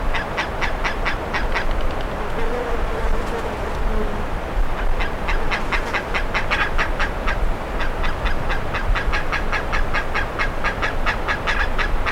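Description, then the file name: Bird calls, a run of short harsh notes, then a pause, then a quick steady series of repeated notes, over a low background rumble. "SABIOD 50 bird 2015"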